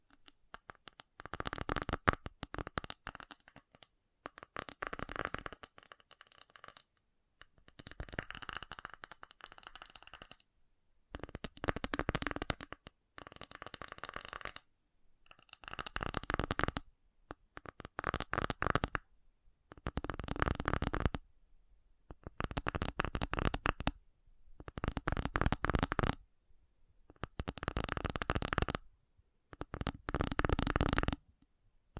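Fast tapping comes in quick bursts of densely packed, crisp clicks, each run lasting a second or two before a short pause of silence. The bursts repeat at a fairly regular rhythm throughout, bright and rattly, like cards being shuffled.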